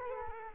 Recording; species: mosquito wingbeat signal from an infrared sensor; Culex quinquefasciatus